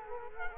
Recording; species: mosquito wingbeat signal from an infrared sensor; Culex quinquefasciatus